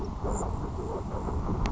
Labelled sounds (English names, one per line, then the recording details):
Grasshopper Sparrow
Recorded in Sonoma County, California